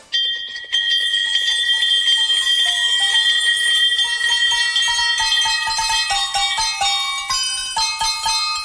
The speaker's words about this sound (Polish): Słuchacie właśnie najradośniejszej kolędy na świecie. Złożonej z prawdziwych dzwonków zwycięstwa. Tych, które rozbrzmiewają w klinikach, kiedy ktoś pokonał raka.